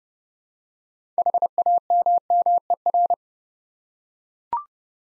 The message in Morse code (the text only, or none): HAMMER